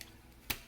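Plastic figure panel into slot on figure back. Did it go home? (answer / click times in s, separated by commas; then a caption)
yes / 0.5 s. A folded plastic panel on a Studio Series Sentinel Prime (#61) Transformers Voyager action figure is pushed into its slot on the figure's back during transformation. A faint tick at the start is followed by one sharp snap at 0.5 s as the panel seats into place.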